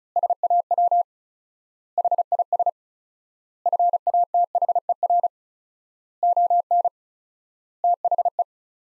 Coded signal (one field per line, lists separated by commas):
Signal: Morse code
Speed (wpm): 36 wpm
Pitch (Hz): 700 Hz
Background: none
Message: SAW HIS FATHER ON THE